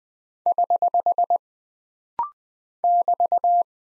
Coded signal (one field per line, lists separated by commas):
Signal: Morse code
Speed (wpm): 20 wpm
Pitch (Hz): 700 Hz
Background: none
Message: <HH> <BT>